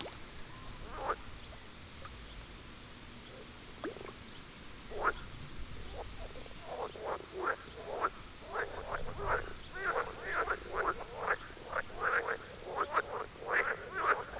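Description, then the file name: Frogs croaking: scattered short, clicky croaks at first, building into a dense chorus of rapid overlapping calls in the second half, over a soft background hiss. "toms frogs for wilson"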